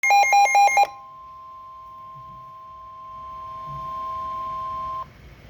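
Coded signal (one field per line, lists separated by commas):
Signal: Emergency Alert System (SAME) tones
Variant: 1050 Hz attention tone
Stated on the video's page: Severe thunderstorm warning alert on weather radio.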